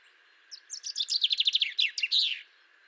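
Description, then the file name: Common chaffinch song: a single phrase, a descending series of bright notes ending in a short flourish, over a steady faint hum. "Fringilla coelebs"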